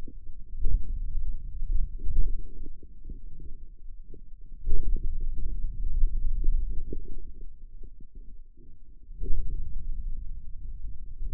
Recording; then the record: forearm muscle sounds (acoustic myography)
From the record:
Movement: finger pinch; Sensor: system 2, bracelet of six BSWA MPA416 microphones around the upper forearm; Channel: 6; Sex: male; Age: 22 years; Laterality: right